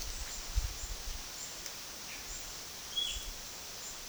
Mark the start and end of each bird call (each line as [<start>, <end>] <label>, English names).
[0.00, 4.09] Epaulet Oriole